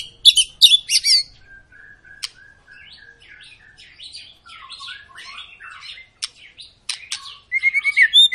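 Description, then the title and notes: White-rumped shama song opening with loud sharp notes, then a long soft stretch of twittering, closing with a burst of rapid loud whistles. Long lure song of an actively singing (gacor) white-rumped shama, played to prompt other birds to sing. "Pancingan Murai Batu Gacor Panjang. muraiku"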